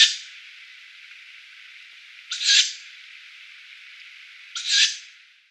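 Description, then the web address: Tawny owl young uttering three rasping, hissy screeches about two seconds apart over a steady background hiss. Downy young. "Schulze Peter Tawny Owl downy Young"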